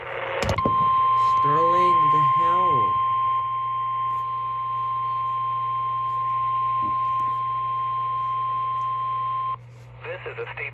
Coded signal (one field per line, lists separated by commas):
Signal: Emergency Alert System (SAME) tones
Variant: 1050 Hz attention tone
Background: speech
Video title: EAS 876: LWX FLW